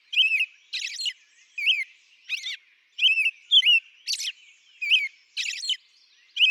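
American robin song of repeated whistled slurs, alternating with higher, harsher squeaky notes, phrases coming in quick succession.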